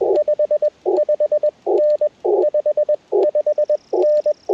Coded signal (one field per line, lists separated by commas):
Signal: Morse code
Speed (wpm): 21 wpm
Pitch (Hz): 590 Hz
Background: radio noise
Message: 55N 55N